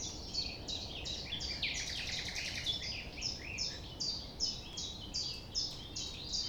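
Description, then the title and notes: Common nightingale song with rapid downward-sweeping notes, a brief jumbled burst near the middle, then an even repeated series, low hum underneath. Recorded at 6 A.M. at sunrise near the Thève river, Champ de Ménage; the nightingale sings without waiting for silence. "6 A.M. Lever du soleil non loin de la Thève au Champ de Ménage. Le rossignol n'attend pas le silence."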